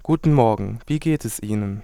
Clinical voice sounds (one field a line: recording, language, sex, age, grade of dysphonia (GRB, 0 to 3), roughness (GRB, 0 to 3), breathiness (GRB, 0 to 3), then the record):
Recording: spoken sentence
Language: German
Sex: male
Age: 20 to 29 years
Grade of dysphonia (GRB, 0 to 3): 0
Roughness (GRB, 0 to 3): 0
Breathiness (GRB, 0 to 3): 0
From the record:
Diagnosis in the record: healthy voice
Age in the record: 22 years